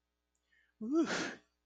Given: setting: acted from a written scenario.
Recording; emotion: vocal sound without words; ecstasy